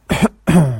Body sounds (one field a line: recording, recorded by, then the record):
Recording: voluntary cough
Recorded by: messaging app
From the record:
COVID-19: positive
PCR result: self-reported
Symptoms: no